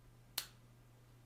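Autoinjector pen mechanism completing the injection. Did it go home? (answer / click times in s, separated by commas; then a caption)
yes / 0.4 s. A prefilled autoinjector pen pressed against the skin gives a single sharp, bright click at 0.4 s, over a faint steady low hum. This is the second, end-of-dose click, showing that the injection is complete.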